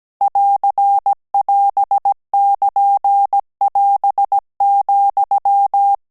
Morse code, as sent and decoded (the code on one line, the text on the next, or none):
.-.-. .-... -.--. .-... --..--
<AR><AS><KN><AS>,